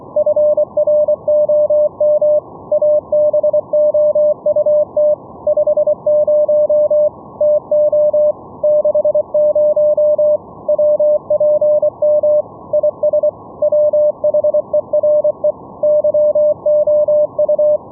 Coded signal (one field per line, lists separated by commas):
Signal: Morse code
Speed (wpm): 24 wpm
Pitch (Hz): 600 Hz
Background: radio noise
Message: FROM ABOUT 50 TO 60 WPM IS WHERE YOU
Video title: Raspberry Pi RTSP SERVER for Morse Code VLF RF over ip FULL DUPLEX CW NET operations - LIVE demo